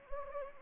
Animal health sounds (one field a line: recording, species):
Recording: mosquito wingbeat signal from an infrared sensor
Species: Anopheles arabiensis